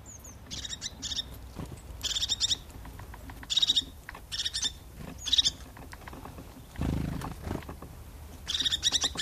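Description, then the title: Crested tit calling in scattered buzzy trilling bursts with gaps between, a thin high note at the start and a brief low rumble later on. "Viikon luontoääni: Töyhtötiainen"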